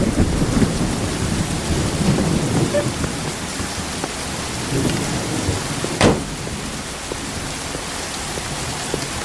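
Steady rain pours down at night in a dense, even hiss with low rumbling underneath. A single sharp crack cuts through about two-thirds of the way in, then the downpour continues unchanged.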